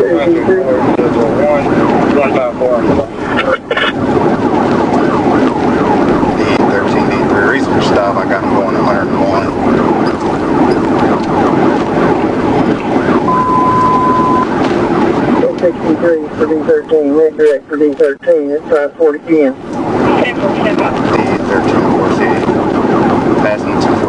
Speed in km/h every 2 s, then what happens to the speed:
135, 135, 138, 138, 142, 138, 137, 134, 135, 138, 142, 143.
0-9 speeds up to 142. 9-15 slows to 134. 15-24 speeds up to 143.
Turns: none.